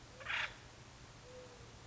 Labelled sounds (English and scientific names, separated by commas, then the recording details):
Acorn Woodpecker (Melanerpes formicivorus)
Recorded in Sonoma County, California